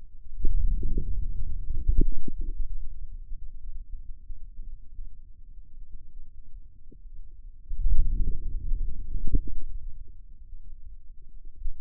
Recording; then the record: forearm muscle sounds (acoustic myography)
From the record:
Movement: outward rotation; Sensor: system 2, bracelet of six BSWA MPA416 microphones around the upper forearm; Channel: 3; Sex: male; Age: 22 years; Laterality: right